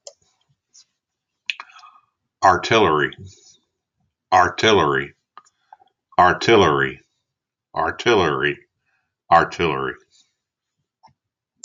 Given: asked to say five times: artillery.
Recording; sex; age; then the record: repeated word; male; 60 to 69 years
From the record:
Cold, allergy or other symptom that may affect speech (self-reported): no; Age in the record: 67 years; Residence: Maryland, United States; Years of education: 16